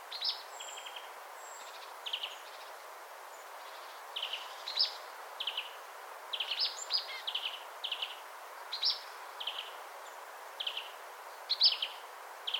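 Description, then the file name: Marsh tit calls: a series of short, sharp high notes and brief buzzy chatters throughout. "Poecile palustris"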